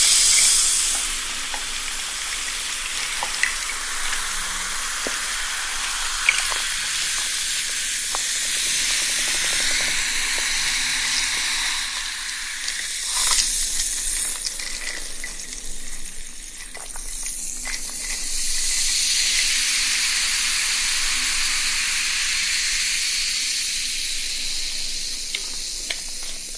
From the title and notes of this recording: The freshness of sparkling soda water.